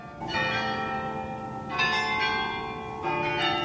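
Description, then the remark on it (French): Many church bells in Bruges peal together for the return of the procession to the Chapel of the Holy Blood, in a dense, shimmering wash of overlapping tones. Fresh strikes swell the sound about every second and a half, ringing on steadily with no voices. “Et dans le silence, arriva un bruit de cloches, toutes les cloches à la fois, qui se remirent à tinter pour la rentrée de la procession à la chapelle du Saint-Sang.”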